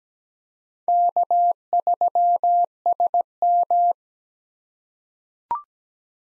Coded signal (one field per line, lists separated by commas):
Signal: Morse code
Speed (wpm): 17 wpm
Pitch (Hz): 700 Hz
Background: none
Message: K3SM